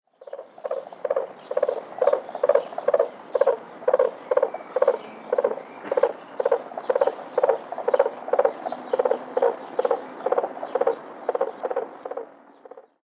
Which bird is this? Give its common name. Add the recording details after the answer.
Common Crane. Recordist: Tembrock, Günter. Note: Schnarren